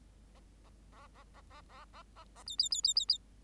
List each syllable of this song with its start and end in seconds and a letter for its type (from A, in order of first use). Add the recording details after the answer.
0.35-0.40 A, 0.64-0.70 A, 0.92-1.07 A, 1.14-1.23 A, 1.34-1.41 A, 1.50-1.61 A, 1.69-1.85 A, 1.93-2.02 A, 2.16-2.24 A, 2.35-2.43 A, 2.46-2.56 B, 2.58-2.69 B, 2.71-2.81 B, 2.83-2.94 B, 2.96-3.05 B, 3.08-3.18 B. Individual Bird8